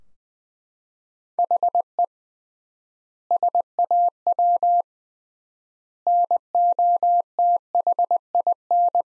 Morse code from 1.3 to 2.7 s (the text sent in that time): HE